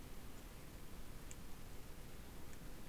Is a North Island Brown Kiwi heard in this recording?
no